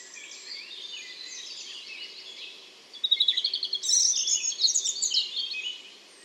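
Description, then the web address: European robin song, faint high twittering that breaks into a loud, rapid, sparkling run of thin notes and trills over the second half. "SETE Erithacus rubecula"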